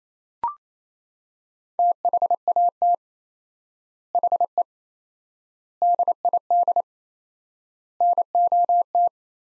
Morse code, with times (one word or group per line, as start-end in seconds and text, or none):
1.8-2.9 THAT
4.1-4.6 HE
5.8-6.8 DID
8.0-9.1 NOT